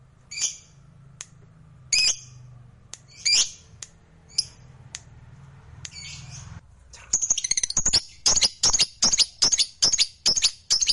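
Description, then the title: Lovebird song of spaced harsh squawks and clicks, then a quick run of shrill, evenly repeated high chirps. Lovebird described as a fighter bird singing energetically (gacor). "Berkat SUARA Lovebird FIGHTER GACOR Ini"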